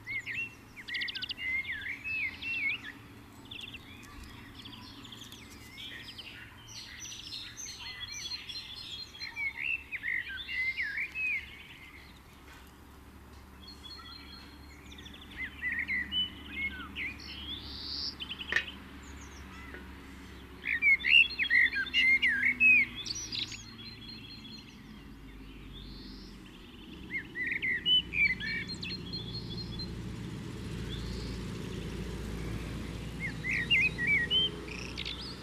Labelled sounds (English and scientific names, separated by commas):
Common Blackbird (Turdus merula) song